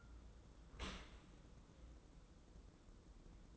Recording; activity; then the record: daily activity, microphone in the room; open dishwasher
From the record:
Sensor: 3